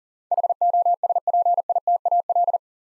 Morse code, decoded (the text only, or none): HOSPITAL